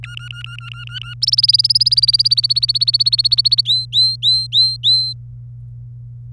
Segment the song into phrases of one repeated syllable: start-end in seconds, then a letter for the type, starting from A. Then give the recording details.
0.03-1.14 A, 1.22-3.61 B, 3.65-5.13 C. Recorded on 26 April 2018 at 16:47. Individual llb3